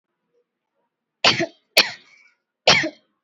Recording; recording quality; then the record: shallow voluntary cough; excellent, no background noise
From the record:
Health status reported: COVID-19 positive, no symptoms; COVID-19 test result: positive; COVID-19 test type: RT-PCR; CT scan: not taken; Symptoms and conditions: none ticked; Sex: female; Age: 23 years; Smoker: no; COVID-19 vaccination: both doses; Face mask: worn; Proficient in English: yes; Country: India